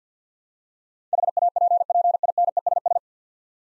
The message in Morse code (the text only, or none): HAPPINESS